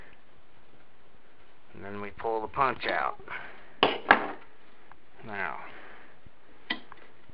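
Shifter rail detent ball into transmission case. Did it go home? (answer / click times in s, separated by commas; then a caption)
yes / 6.7 s. A shifter rail is pushed into the case of a Wheel Horse 3-piece transmission while someone talks, with two sharp knocks near 3.8 and 4.1 seconds. At 6.7 seconds the spring-loaded detent ball snaps into the rail's notch with a sharp metallic tick, and the detent is seated.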